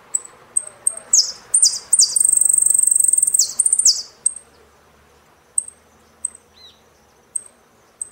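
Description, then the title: Saffron finch song with high chirps, swooping whistled notes and a long dry buzzing trill, trailing off into widely spaced single chirps. "Jilguero Argentino"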